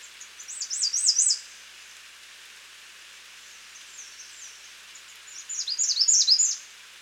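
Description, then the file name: American redstart song of high, quick wavering notes, a phrase near the start and another about five seconds later, soft notes between. "Setophaga ruticilla - American Redstart"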